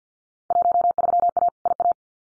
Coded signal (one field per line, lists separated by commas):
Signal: Morse code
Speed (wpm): 50 wpm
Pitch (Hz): 700 Hz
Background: none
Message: 13A IA